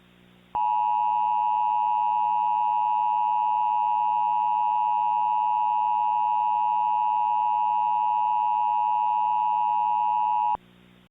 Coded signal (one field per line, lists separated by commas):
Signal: Emergency Alert System (SAME) tones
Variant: 853 and 960 Hz attention tone